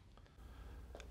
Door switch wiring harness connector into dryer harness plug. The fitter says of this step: reconnect the door switch wiring harness and be sure that the Locking clip snaps back into place